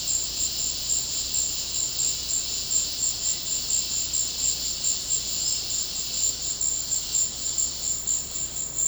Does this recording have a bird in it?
no